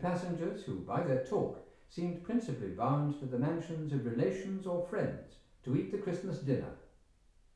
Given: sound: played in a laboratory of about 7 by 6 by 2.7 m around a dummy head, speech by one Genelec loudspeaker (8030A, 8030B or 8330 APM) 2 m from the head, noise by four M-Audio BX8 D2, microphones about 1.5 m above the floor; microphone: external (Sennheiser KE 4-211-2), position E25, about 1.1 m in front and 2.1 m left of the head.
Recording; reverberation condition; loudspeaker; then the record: male speech in English; medium; 90 degrees to the left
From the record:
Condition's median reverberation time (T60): about 510 ms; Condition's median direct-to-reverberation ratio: about -0.5 dB